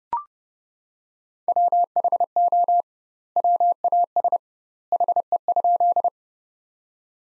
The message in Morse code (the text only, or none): WHO WAS HE?